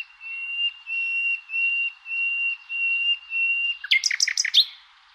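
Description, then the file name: Common nightingale singing a run of long, level whistles, each ending in a quick dip. Then comes a sudden burst of loud, rich, rattling notes. "rossignol"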